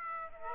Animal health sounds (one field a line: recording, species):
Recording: mosquito wingbeat signal from an infrared sensor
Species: Aedes aegypti